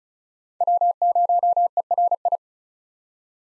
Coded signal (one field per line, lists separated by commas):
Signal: Morse code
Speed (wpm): 36 wpm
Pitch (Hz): 700 Hz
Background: none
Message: W0ERI